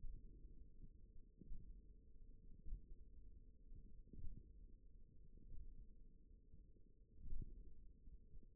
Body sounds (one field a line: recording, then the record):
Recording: forearm muscle sounds (acoustic myography)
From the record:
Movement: finger pinch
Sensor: system 1, eight BSWA MPA416 microphones around the upper forearm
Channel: 1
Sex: female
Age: 20 years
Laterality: right